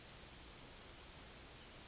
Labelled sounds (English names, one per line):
Yellowhammer song